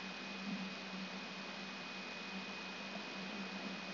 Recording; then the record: brain microelectrode recording played as sound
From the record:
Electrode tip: outside the subthalamic nucleus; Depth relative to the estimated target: -5 mm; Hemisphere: right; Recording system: AlphaMap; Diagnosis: Parkinson's disease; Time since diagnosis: 11 years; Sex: female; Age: 52 years